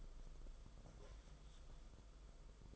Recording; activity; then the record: daily activity, microphone in the room; take from stove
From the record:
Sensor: 5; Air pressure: 994.5 hPa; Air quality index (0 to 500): 191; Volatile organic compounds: 1000 ppm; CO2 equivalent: 5605 ppm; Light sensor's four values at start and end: 43/130/52/56 and 44/134/53/58